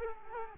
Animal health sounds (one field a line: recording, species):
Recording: mosquito wingbeat signal from an infrared sensor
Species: Culex quinquefasciatus